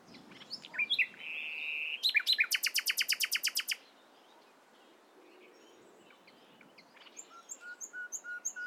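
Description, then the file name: Common nightingale phrase mixing chirps and a sustained whistle with a rapid run of loud repeated notes, followed by a pause and soft repeated high notes. "Luscinia megarhynchos"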